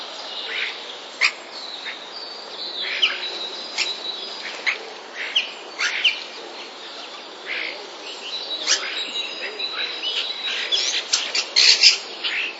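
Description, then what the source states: Common starling song made of rapid chirps and clicks, growing busier and louder toward the end. Starling song containing mimicry borrowed from sparrows.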